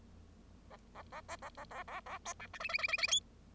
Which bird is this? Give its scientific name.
Lonchura striata domestica